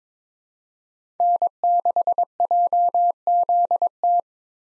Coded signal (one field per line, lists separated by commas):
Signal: Morse code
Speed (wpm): 22 wpm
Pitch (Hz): 700 Hz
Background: none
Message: N6JZT